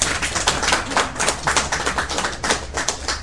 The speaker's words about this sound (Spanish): Y pido un aplauso, por favor, para todo el staff de Fantástico Satélite, por favor.